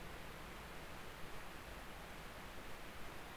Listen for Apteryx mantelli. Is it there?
no